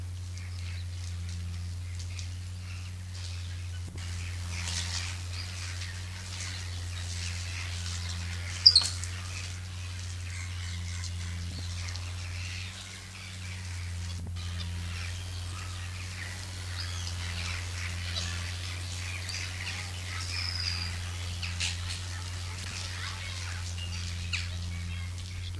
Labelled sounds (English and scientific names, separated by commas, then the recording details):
Tufted Capuchin (Cebus apella) aggressive call
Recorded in captivity
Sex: group
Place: Zoo Münster, Nordrhein-Westfalen, DE
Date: 1988-10-04 12:53
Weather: overcast, 14°C
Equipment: Sony WM-D6C, Kopie Uher
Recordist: Tembrock, Günter